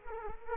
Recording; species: mosquito wingbeat signal from an infrared sensor; Culex quinquefasciatus